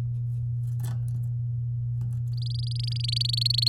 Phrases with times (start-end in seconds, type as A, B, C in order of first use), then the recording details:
2.33-3.68 A. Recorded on 7 May 2018 at 13:21. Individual llb16